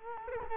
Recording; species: mosquito wingbeat signal from an infrared sensor; Culex quinquefasciatus